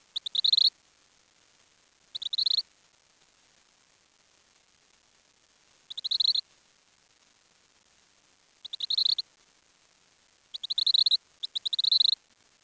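Bird call: bursts of fast, dry ticking rattle, each under a second long, repeated at irregular intervals over a quiet background.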